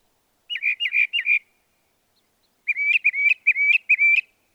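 Northern mockingbird song: three chirpy repeated notes, then after a pause four rising, slurred whistles.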